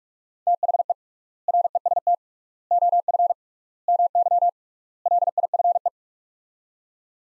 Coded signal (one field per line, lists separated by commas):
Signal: Morse code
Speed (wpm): 46 wpm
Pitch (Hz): 700 Hz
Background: none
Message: THE REST OF MY LIFE